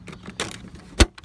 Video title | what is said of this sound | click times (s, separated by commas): 94-04 Mustang center console swap | Pops right in. | 1.0 s